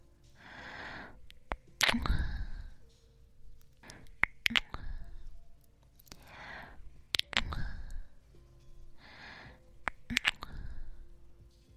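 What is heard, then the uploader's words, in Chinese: Kissing sounds, alternating between left and right, repeat in a steady cycle about every two and a half seconds. Each begins with a soft breathy rush, then sharp wet smacks and clicks. Faint low hums sit quietly underneath throughout. 纯享版亲吻声！左边一个kiss右边一个kiss。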